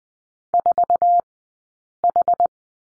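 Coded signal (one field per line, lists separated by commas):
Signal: Morse code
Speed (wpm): 20 wpm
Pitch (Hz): 700 Hz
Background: none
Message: 4H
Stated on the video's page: Morse code course lesson on the letter M, two-character drill, Farnsworth speed of 20/10 wpm.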